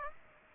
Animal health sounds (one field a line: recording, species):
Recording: mosquito wingbeat signal from an infrared sensor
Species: Aedes aegypti